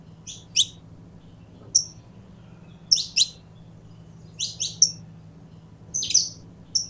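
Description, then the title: Belgian canary with high chirps and brief whistles in small clusters separated by short pauses; low steady hum behind. Purebred Belgian canary. "Canto Do Canário Belga Puro"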